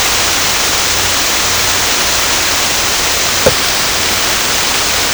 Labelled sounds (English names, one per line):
none